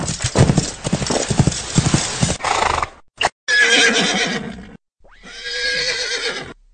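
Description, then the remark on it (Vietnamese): Horse hooves clip-clop in a quick, steady rhythm alongside the rumble of carriage wheels as a horse-drawn carriage passes by, escorted by a man on a white horse and several guards, then horses give several loud, high whinnies separated by brief silences. “một loạt những âm thanh lộc cộc của vó ngựa xen lẫn với tiếng chuyển động của bánh xe truyền đến tai hai người”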